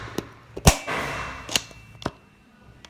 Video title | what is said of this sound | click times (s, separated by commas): Network Wiring Part 2 | And I'm going to push that down until it clicks. | 0.7 s, 1.6 s